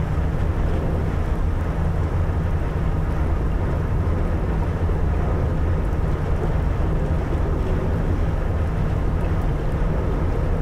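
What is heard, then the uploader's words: A ship's engine room hums steadily, with a low, even drone and faint tonal bands running unchanged throughout. Over it sits a soft, dense wash that could be water against the hull, without distinct splashes. The level stays constant. The Frozen Arctic Ocean Icebreaker. Navigating the frozen Baltic seas near Magical Lapland, Finland. The resonant hum of the ship's engines as they meticulously power through icy waters.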